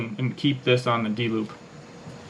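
Someone talks while an archer handles a hinge release, getting its hook ready to clip onto the bowstring D-loop so it can stay hanging there. The hook has not clicked on or seated yet; the clip ends just before it goes home.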